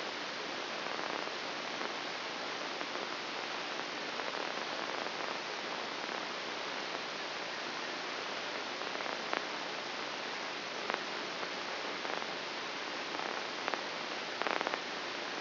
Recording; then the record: brain microelectrode recording played as sound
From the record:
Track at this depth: inside the subthalamic nucleus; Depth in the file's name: 5.905 mm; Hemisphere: left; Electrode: 2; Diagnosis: Parkinson's disease